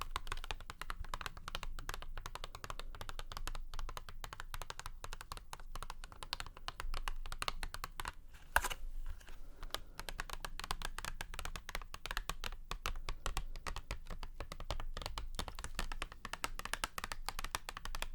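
Fast, dense tapping like keyboard typing runs steadily throughout, with a single sharper, louder tap just past the midpoint.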